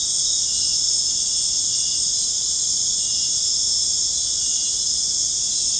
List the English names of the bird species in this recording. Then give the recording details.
none. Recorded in dense forest near Puerto Asís, Putumayo, Colombia, on 22 June 2025 at 19:00. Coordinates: 0.486, -76.317. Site G065